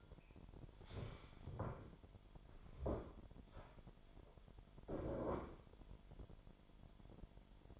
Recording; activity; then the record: daily activity, microphone in the room; stand up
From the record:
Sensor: 5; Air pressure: 998.7 hPa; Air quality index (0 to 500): 95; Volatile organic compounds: 2 ppm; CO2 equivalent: 1098 ppm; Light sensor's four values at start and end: 29/72/30/33 and 29/72/30/33